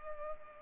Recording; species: mosquito wingbeat signal from an infrared sensor; Culex pipiens